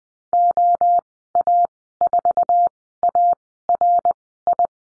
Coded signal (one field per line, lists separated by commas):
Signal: Morse code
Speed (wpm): 20 wpm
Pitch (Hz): 700 Hz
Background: none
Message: OA4ARI